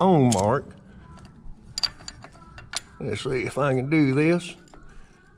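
A cooling system cap or valve on a 2005 V MAX motorcycle is handled during a coolant change and turned toward its "on" mark, with faint ticks and rattles heard between about 1.8 and 2.8 s while someone talks before and after. The clip ends before the part goes home, so nothing has seated or clicked yet.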